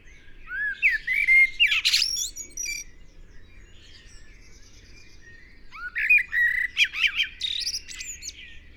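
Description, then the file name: Eurasian blackbird song, a rich rising whistle run into shrill high twittering, heard twice with a quiet spell between. "Turdus merula"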